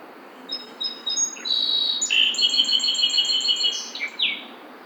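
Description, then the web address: Song sparrow song: a few clear, spaced introductory notes, then a rapid trill of repeated notes, ending in a short downslurred flourish. Recorded 12 June 2009. "Song Sparrow 2009 06 12"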